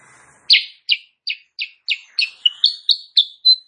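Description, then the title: Sooty-headed bulbul song: about a dozen sharp chirps in steady succession, the last notes turning clearer and more whistled. Kutilang Sutra type; singing actively (gacor) in the morning; tutor recording (masteran) for training songbirds, said to make rival birds answer. "Masteran Kutilang Sutra. Kutilang Sutra GACOR pagi hari bikin lawannya AUTO NYAUT"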